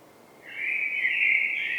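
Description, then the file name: Common blackbird giving a single sustained, mellow whistled phrase that brightens slightly toward its close. "Turdus merula"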